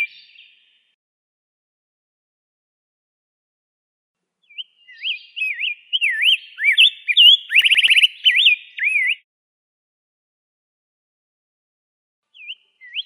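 Rose-breasted grosbeak song: one brief note, a long pause, then several seconds of lively warbling whistles with a rapid trill in the middle, and a final short phrase.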